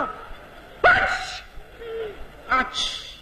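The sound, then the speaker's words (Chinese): A voice imitates a Beijing person's sneeze twice, with a 'qi' sound: two sharp, hissy bursts a moment apart, the first louder and followed by a brief trailing breath, the second quicker with a bright airy tail. “那我问问您呢您比如说这北京人打喷嚏什么味儿？”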